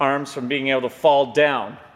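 A man talks over a two-post vehicle hoist being handled, whose steel safety locks (pawls, one in each tower) drop into the tower racks as it is raised higher to keep the hoist arms from falling. Only speech is heard, with no sharp hits. Nothing has seated or clicked yet.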